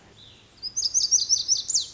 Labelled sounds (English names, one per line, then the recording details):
Lazuli Bunting
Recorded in Sonoma County, California